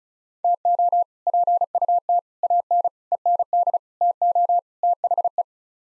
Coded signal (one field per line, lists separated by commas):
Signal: Morse code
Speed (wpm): 34 wpm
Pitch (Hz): 700 Hz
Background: none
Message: TO PUT AN END TO THE